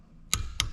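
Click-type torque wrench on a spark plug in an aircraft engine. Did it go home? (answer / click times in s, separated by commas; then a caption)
yes / 0.3 s, 0.6 s. A click-type torque wrench set to 380 inch-pounds is turned on a spark plug in an aircraft engine until it clicks, confirming the torque is reached. Two sharp, bright clicks are heard at 0.3 s and 0.6 s over a quiet background.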